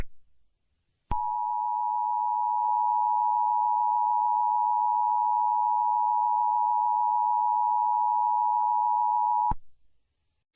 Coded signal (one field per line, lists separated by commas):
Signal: Emergency Alert System (SAME) tones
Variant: 853 and 960 Hz attention tone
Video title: EAS Scenario/Mock #16 - The Scissor Girl Attacks